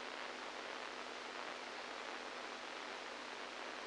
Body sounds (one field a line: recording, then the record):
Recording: brain microelectrode recording played as sound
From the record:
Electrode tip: inside the subthalamic nucleus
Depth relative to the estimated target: -5 mm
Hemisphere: right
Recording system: NeuroSet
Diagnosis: Parkinson's disease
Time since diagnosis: 7 years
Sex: male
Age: 69 years